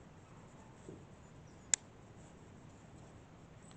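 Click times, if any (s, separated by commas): 1.7 s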